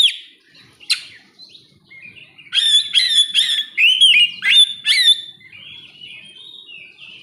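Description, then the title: Oriental magpie-robin song, scattered notes building into a fast, loud series of repeated sharp whistled syllables, then fading soft warbling. "kacer"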